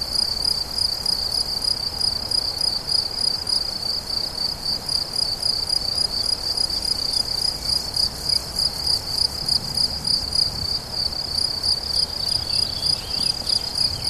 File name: mz-n 710 grillons la fortiche 17 07 13